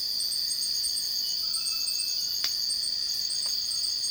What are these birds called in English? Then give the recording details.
none. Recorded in dense forest near Puerto Asís, Putumayo, Colombia, on 19 February 2024 at 04:00. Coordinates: 0.481, -76.318. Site G6421